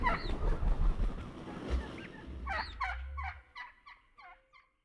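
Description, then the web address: Wild turkey gobbling: a quick, tumbling rattle of throaty notes in the second half, preceded by low rumbling noise and a few scattered higher calls. "Songs of Birds of North America Know Your Bird Sounds Common Western Species. Wild Turkey"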